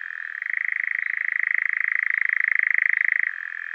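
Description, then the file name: European nightjar giving its rattling churr, which steps up to a slightly higher, louder pitch after half a second and drops back near the end. "Eurasian Nightjar"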